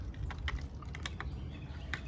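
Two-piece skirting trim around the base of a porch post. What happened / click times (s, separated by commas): Handled, not yet seated: plastic trim halves being fitted / none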